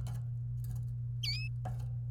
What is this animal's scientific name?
Serinus canaria